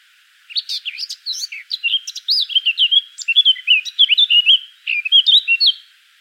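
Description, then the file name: Eurasian blackcap song: a rapid, varied warble of chattering notes and clearer whistled phrases, lasting about five seconds. "Sylvia atricapilla"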